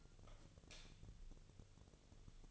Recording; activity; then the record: daily activity, microphone in the room; light off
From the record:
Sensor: 4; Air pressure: 1000.9 hPa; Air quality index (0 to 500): 124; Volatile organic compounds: 1 ppm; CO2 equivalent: 933 ppm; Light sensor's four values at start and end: 34/87/36/39 and 32/79/33/35